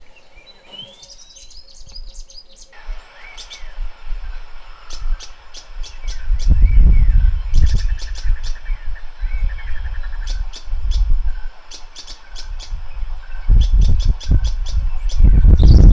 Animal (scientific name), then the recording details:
Cisticola nana. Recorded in northern Uganda